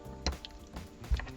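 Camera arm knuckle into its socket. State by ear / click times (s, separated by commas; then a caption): not seated / none. The knuckle joint of a plastic NC100 camera arm is handled toward its socket, with short handling knocks near 0.3 s, 0.5 s and 1.2 s over a steady tonal background. Nothing has seated or clicked yet; the clip ends just before the part goes home.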